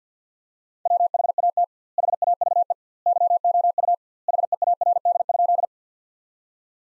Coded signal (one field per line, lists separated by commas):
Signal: Morse code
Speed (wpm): 50 wpm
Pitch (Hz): 700 Hz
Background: none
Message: WHAT HAVE YOU HEARD?